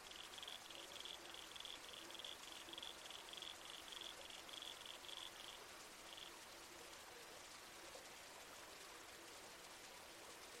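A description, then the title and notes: A babbling creek rushes steadily throughout, a dense, even wash of water. Over it, a high, thin call repeats in quick, regular bursts with a faint lower tone beneath, continuing for about six seconds before stopping, leaving only the creek. Soundscape - Red-Crowned Toadlet.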